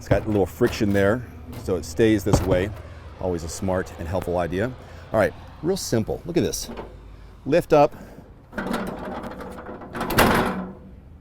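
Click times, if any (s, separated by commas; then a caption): 10.2 s. A fold-up fitting on a 2022 KZ Confluence 21MK travel trailer is lifted and set into its locked position with one hand while someone talks. Softer handling noises come around 8.5 s and 10.0 s, then a sharp hit at 10.2 s as the fitting seats and locks into its mount.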